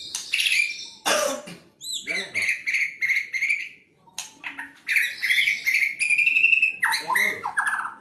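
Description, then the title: White-rumped shama song: a loud harsh burst among repeated whistled notes, rattling trills and slurred phrases. "murai batu"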